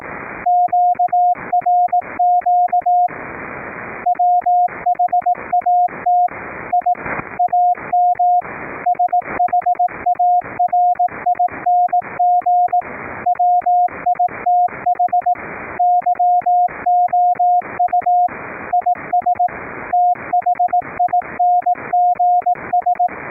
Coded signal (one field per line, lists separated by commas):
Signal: Morse code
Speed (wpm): 18 wpm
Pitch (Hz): 710 Hz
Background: radio noise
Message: QRQ WHAT I AM SHARING WITH YOU IS THINGS